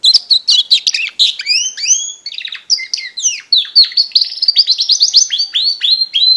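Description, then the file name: Border canary song, a continuous run of fast rolling trills and sweeping whistled notes, switching quickly between high chattering phrases and slurred glides. "canto do canario border"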